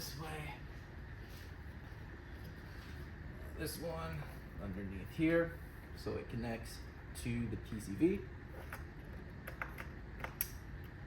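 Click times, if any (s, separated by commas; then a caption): 10.4 s. Someone talks while an oil catch can hose's OEM-style quick connector is pushed onto the PCV fitting under the intake of a 2024 Mustang GT. A few light ticks sound from about 8.7 s, then a sharp click at 10.4 s as the connector snaps home and seats.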